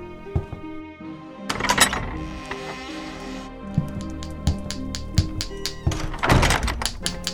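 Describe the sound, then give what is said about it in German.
A goldsmith at a work table taps a fine hammer on a fine metal punch (Bunze), working a piece of golden metal: a series of sharp, bright clinks at an uneven pace, with a few louder, ringing strikes over a low background hum. “Mit einem filigranen Hammer und einem nicht minder feinen Eisen, weithin Bunze genannt, bearbeitete er ein Stück golden schimmerndes Metall.”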